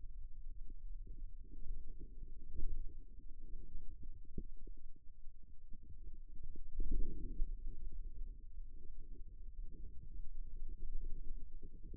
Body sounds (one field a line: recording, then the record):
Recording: forearm muscle sounds (acoustic myography)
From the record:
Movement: radial deviation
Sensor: system 2, bracelet of six BSWA MPA416 microphones around the upper forearm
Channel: 5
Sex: male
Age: 22 years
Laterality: right